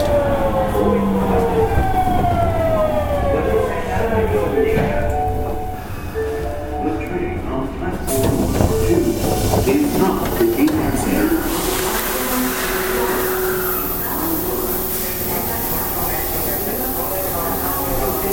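An Osaka subway 66 series train runs with a steady, dense roar that holds level throughout. Early on a whining motor tone slides downward as the train changes speed, and after about eight seconds a bright hiss of wheel and rail noise rises and stays.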